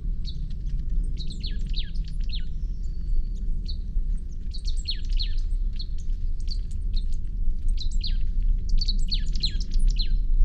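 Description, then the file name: Marsh tit calls: quick, sharp, high notes that sweep downward, given in short clusters throughout over a steady low rumble. "Poecile palustris"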